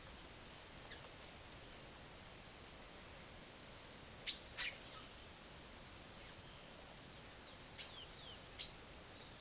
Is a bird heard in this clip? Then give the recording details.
yes. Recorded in secondary vegetation near Puerto Asís, Putumayo, Colombia, on 25 June 2025 at 10:30. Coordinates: 0.489, -76.322. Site G021